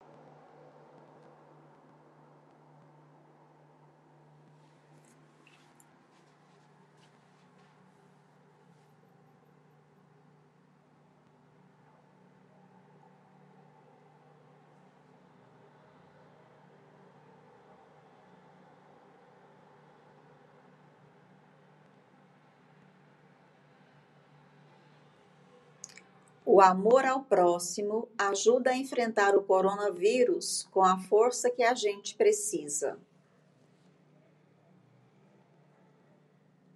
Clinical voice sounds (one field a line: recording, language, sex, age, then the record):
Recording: spoken sentence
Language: Brazilian Portuguese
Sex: female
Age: 50 to 59 years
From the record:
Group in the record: control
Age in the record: 52 years